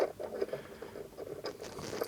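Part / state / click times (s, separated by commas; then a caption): stainless steel mounting bolt into aluminium threaded hole / not seated / none. A stainless steel bolt for a spotlight mount on a Kawasaki Versys ER6N is lined up with a threaded hole in an aluminium motorcycle part and started by hand, so it does not cross-thread or strip the thread. Soft metallic scraping and rasping runs throughout, with brief sharp ticks near 0.4, 0.5 and 1.5 seconds. The bolt has not seated or clicked yet.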